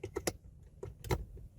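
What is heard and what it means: The second plastic mounting cylinder of a GMRS radio mounting bracket for a BMW E82/E88 is handled as it is about to be pushed onto its post on the other side. Short plastic taps and rattles are heard, with sharper knocks around 0.2, 0.3 and 1.1 s, over a low background rumble. Nothing has seated or clicked yet.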